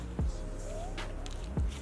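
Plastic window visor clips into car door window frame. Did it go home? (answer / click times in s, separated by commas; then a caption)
yes / 1.3 s. A plastic JDM-style window visor for a BRZ/86/FRS has its tabs slid in and is pressed onto the car door window frame. A sharp click is heard at about 1.3 s as its retaining clips lock into place, meaning the visor is seated. Two low, dull thumps occur near 0.2 s and 1.6 s.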